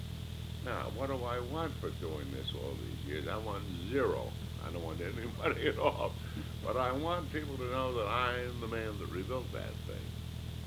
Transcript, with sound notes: Now what do I want for doing this all these years? I want zero. I don't want any money at all. (laughter) But I want people 6 to know that I'm the man that rebuilt that thing.